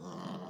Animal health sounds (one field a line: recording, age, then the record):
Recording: pig call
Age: piglet (1 to 25 days)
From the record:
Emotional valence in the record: negative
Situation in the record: long isolation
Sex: female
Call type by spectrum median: low-frequency call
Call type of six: low-frequency modulated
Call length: 0.50 s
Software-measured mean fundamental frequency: 62 Hz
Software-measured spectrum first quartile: 217 Hz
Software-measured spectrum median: 471 Hz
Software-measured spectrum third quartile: 1117 Hz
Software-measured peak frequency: 185 Hz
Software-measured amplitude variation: 115 dB a second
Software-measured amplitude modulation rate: 26.2 a second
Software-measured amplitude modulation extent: 4.4 dB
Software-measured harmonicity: 1.8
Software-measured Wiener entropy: -0.51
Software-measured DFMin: 933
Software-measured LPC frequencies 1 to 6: 1049, 3083, 4560, 5089, 5810, 6793 Hz